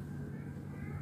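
Steel valve cotters (keepers) are being worked into the valve stem groove and spring retainer of a Vixion motorcycle engine valve while the spring is held compressed. Only a steady low hum and faint handling noise are heard, with no distinct click. Nothing has seated or clicked into place yet.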